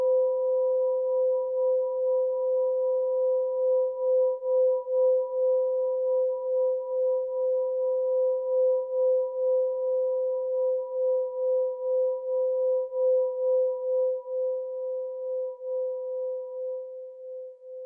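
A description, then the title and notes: A singing bowl sustains one steady, pure tone in the middle register, with a fainter overtone ringing above it. The sound hums evenly for most of the span, its loudness gently pulsing, then slowly fades and wavers toward the end. Nothing else is heard. Nepalese Singing Bowl for Meditation. The transcendent tones of meditative bells and Tibetan singing bowls.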